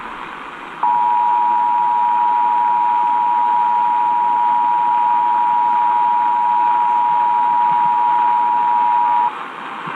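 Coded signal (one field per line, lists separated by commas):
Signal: Emergency Alert System (SAME) tones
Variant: 853 and 960 Hz attention tone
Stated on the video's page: Blue Alert toned as a Child Abduction Emergency, received on AM stations 1510 kHz and 650 kHz Nashville and 990 kHz Knoxville.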